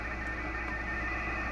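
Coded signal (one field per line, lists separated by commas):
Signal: RTTY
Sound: rapid warbling two-tone burble under loud hiss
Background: radio static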